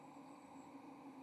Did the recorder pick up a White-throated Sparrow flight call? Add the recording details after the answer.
no. No flight call is heard. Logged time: 11:18 on 30 October 2014